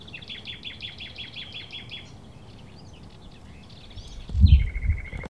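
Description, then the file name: Common nightingale song: a steady series of repeated clipped notes, a quiet pause, then a falling whistled phrase ending on a held note, with a low thump near the end. "Luscinia megarhynchos"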